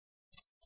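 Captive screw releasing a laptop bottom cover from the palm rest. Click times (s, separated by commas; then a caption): 0.3 s. A captive corner screw on the plastic bottom cover of a Dell Vostro 14 3000 Series Model 3400 laptop is rotated, pushing the cover away from the palm rest. A sharp double click at 0.3 s marks the cover popping loose and releasing, followed by a second, lighter click at 0.6 s.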